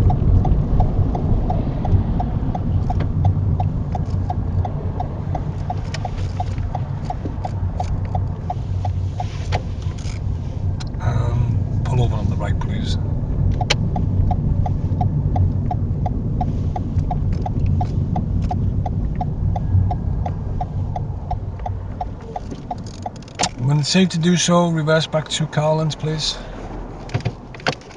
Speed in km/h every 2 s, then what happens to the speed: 23, 15, 11, 11, 13, 21, 24, 26, 21, 13, 3, 0, 0, 0.
0-6 slows to 11. 6-11 speeds up to 24. 14-21 brakes to 0. 21-28 standing.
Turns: none.